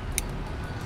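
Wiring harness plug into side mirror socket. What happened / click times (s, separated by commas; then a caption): The wiring connector clicked into its socket / 0.2 s. A wiring harness plug is pushed into the folding side mirror socket on a 2018 All New Brio, and a single sharp click sounds at 0.2 s over a steady low background rumble. The connector is seated.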